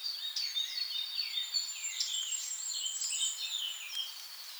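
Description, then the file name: Eurasian blackcap song: continuous rich warbling of high, swooping and fluty notes with scratchy twitters, running through the whole stretch. "Sylvia atricapilla"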